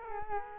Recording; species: mosquito wingbeat signal from an infrared sensor; Culex quinquefasciatus